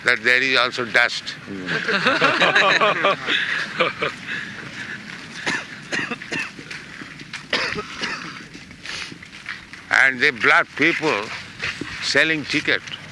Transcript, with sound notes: that there is also dust in the moon. [laughs] And they bluff people, selling ticket